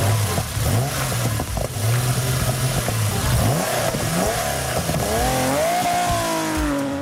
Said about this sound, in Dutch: Ja, hoe klinkt een snelle auto zoals een Porsche 911 eigenlijk?